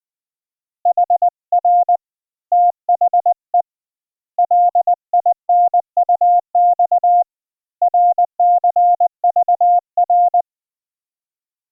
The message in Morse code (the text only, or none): HR THE LINUX RCVR